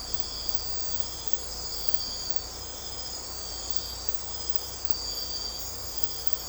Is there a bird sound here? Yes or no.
no